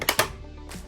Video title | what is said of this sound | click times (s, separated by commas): How to Save MONEY By FREEZING MEALS at HOME | you can hear that clicky motion the clicking noise and then now I'm going to press | 0.0 s, 0.1 s, 0.2 s